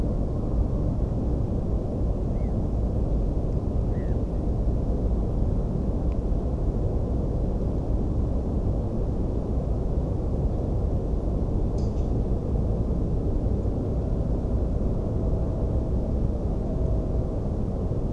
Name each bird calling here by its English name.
Black-headed Gull